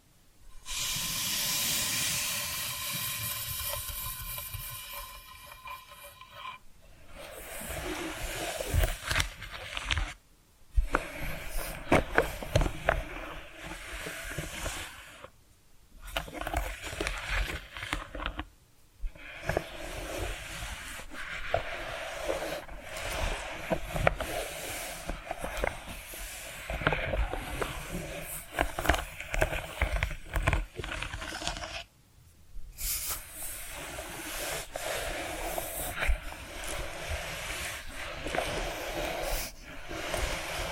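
Tapping and scratching sounds run through the clip as a dense, busy stream of small taps and rasping scrapes. It opens with a brighter, ringing scrape for about six seconds, then settles into steady textured scratching, broken by brief silent pauses near 10, 16, 18 and 32 seconds.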